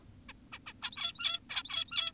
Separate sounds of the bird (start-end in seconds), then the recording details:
0.29-0.33, 0.52-0.59, 0.67-0.73, 0.82-1.40, 1.50-2.12. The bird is an adult. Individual g17y2U